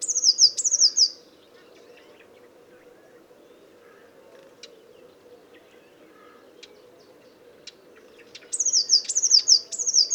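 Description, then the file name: Eurasian blue tit: descending trilled phrases at the start, a long quiet stretch with faint clicks, then three more high trilled phrases near the end. "Cyanistes caeruleus"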